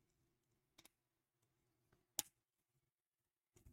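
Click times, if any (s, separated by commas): 2.2 s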